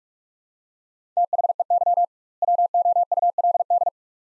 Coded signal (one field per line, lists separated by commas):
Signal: Morse code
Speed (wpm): 46 wpm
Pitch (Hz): 700 Hz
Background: none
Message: THEY WOULD